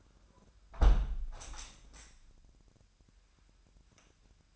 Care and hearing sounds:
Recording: daily activity, microphone in the room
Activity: close window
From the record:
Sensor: 2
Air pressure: 997.8 hPa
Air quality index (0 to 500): 132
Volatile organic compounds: 3 ppm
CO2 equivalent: 1482 ppm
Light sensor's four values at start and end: 11/32/13/12 and 11/32/13/12

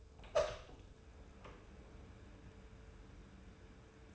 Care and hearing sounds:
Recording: daily activity, microphone in the room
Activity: open door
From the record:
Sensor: 2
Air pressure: 1015.0 hPa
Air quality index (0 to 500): 133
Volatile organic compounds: 5 ppm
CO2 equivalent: 1708 ppm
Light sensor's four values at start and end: 13/35/14/15 and 13/35/14/15

